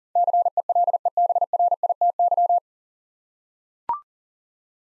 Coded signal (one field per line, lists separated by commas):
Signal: Morse code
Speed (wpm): 40 wpm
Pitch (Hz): 700 Hz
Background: none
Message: CELEBRITY